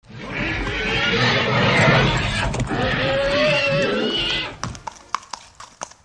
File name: horse